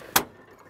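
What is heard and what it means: The release lever on a metal ratchet tie-down strap securing a trailer load is pulled open while the strap is under tension. The mechanism lets go with a single sharp broadband snap at 0.2 s, then quiet. The strap's tension is released.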